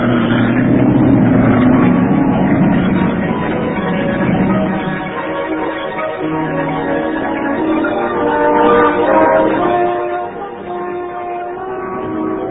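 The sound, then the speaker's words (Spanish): A loud, steady sports car engine roar with a rough, throaty rumble that surges and shifts in pitch as the accelerator is pressed almost fully, the car launching through the quiet streets of an aristocratic neighborhood on the outskirts of London, holding strong for about twelve seconds before easing slightly at the end. “Calimán hundió el acelerador casi al máximo y el auto Sport se lanzó como catapulta por las tranquilas calles”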